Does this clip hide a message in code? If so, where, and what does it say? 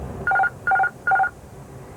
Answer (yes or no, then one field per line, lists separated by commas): no